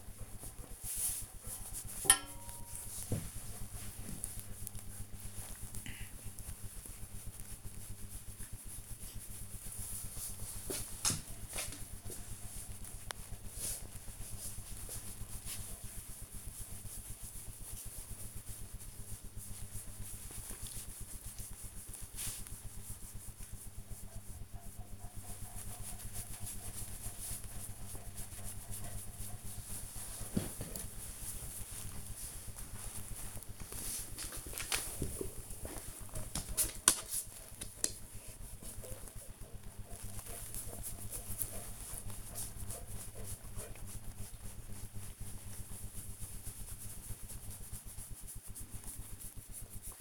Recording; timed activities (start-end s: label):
household activities, microphone on the right wrist
0.00-50.01 s: pet the dog